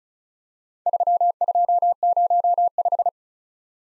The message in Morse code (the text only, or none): 3205